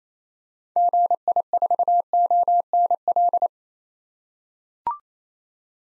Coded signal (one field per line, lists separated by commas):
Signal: Morse code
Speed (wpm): 28 wpm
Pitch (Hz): 700 Hz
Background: none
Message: GI4ONL